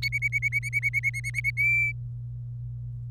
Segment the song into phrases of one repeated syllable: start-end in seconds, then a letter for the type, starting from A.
0.02-1.50 A, 1.57-1.92 B